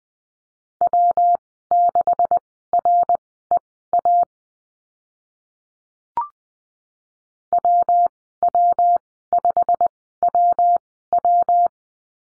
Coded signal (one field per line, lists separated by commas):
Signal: Morse code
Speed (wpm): 20 wpm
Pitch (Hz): 700 Hz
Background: none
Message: W6REA WW5WW